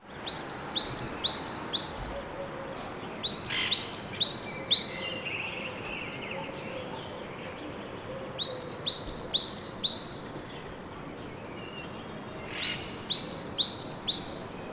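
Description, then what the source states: Great tit song in four bursts of fast repeated two-syllable notes, each burst lasting a second or two, with quiet gaps between. Seen on a balcony; described as elusive and small; song called elegant and simple.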